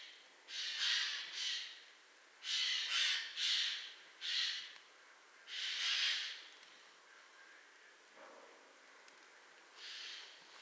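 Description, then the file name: Eurasian jay giving a run of harsh, grating screeches, some paired, then a quieter pause before one last rasping call. "Garrulus glandarius"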